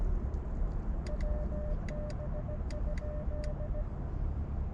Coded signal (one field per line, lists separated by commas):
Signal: Morse code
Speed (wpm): 17 wpm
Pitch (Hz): 590 Hz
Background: none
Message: WB?